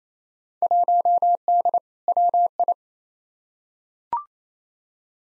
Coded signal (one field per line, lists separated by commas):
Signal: Morse code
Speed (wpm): 27 wpm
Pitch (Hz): 700 Hz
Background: none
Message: 1D WI